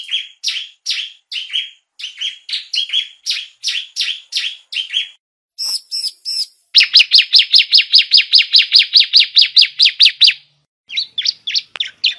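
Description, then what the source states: Bar-winged Prinia song of steady, evenly spaced high chirps, then a short ringing phrase, followed by a fast, loud run of rapid chirped notes, then a few more chirps. Ciblek song of the style called 'semi'.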